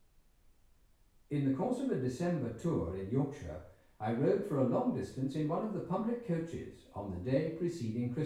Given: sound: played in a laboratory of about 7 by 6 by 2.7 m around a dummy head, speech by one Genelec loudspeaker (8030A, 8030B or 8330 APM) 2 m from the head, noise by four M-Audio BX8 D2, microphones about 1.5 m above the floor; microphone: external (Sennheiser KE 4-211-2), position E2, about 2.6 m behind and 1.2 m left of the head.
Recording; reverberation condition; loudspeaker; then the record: male speech in English; medium; 150 degrees to the right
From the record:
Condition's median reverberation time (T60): about 510 ms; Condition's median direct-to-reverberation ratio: about -0.5 dB